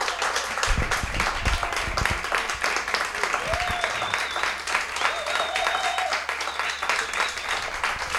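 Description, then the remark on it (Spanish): Sustained applause from the audience of a live radio show in a bar, a dense, steady patter of many hands clapping at even loudness throughout, with a few faint whistles or voices rising above it. “Exigimos un aplauso general de todo el público.”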